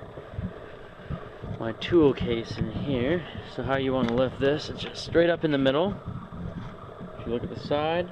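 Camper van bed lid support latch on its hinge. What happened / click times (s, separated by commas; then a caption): The lid is being handled; no latch click yet / none. A camper van's rear bed lid, on a hinge support latch, is being handled before it is lifted straight up from the middle. Someone talks over a steady low background rumble. Nothing has seated or clicked yet.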